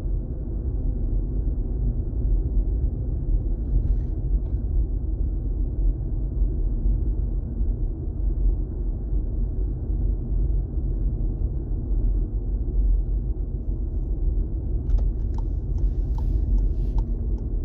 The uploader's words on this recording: ASMR A drive to work.